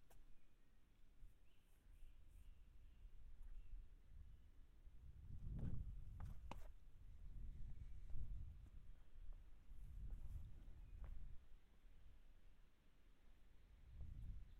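Someone walks around hitting rocks with a hammer. Low, rumbling thuds and shuffling come and go throughout, with a cluster of sharp clicking strikes around the middle and a few more scattered later. Faint, brief chirps occasionally show up above.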